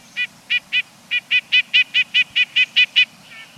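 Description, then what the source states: Red-breasted nuthatch calling a quick run of many nasal notes, several each second, slightly irregular at first then steady. One of the two most common of the four nuthatch species living in the United States.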